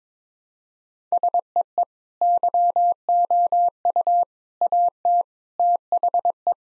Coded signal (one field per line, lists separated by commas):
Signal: Morse code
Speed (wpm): 22 wpm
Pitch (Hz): 700 Hz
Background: none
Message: SEE YOU AT THE